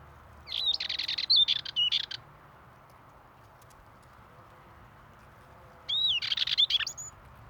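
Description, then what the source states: Dartford warbler song: two short scratchy, chattering phrases of high buzzy notes separated by a pause of several seconds. Male singing at Pornic, Loire-Atlantique, France.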